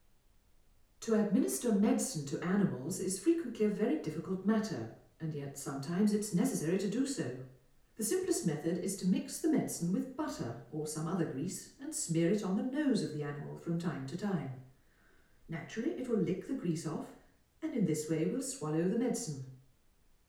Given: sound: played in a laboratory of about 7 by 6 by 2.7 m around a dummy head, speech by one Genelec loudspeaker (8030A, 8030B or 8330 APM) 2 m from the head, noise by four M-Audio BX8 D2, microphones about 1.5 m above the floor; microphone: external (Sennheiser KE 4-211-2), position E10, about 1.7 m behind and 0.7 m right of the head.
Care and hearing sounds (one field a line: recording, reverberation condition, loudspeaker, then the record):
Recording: female speech in English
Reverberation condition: medium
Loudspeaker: in front (0 degrees)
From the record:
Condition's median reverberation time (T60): about 510 ms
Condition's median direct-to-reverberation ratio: about -0.5 dB